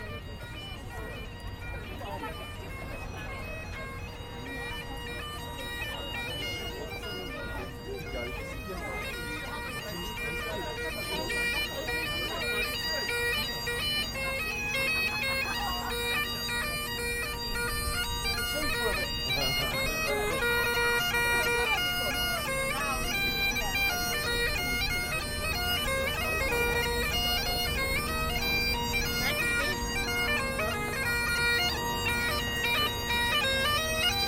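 A busy walk across a city bridge, with a dense, constant wash of traffic and crowd murmur throughout. Voices and footsteps come and go, and the scene grows slightly louder and fuller after about fifteen seconds, with steady low rumble underneath.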